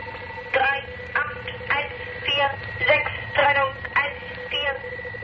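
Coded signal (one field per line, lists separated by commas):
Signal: numbers station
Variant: Gong Station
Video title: The Conet Project - Gong Station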